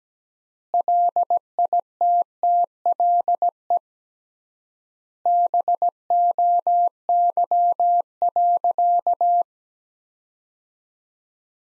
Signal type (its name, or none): Morse code